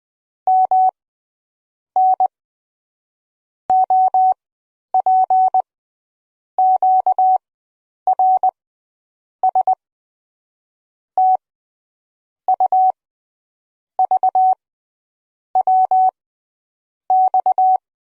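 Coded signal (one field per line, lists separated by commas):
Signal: Morse code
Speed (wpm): 20 wpm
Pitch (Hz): 750 Hz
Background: none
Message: M N O P Q R S T U V W X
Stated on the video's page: Morse code sound effect.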